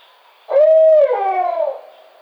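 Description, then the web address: Barred owl giving a single loud, drawn-out hoot that holds steady, then slurs downward and fades. Recorded on 25 May 2009. "Barred Owl 2009 05 25"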